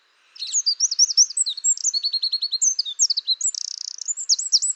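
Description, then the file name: Eurasian wren song: a loud, fast, high-pitched torrent of sharp trills and twittering notes, with a buzzy rattling trill near the end, continuing throughout. "Troglodytes troglodytes"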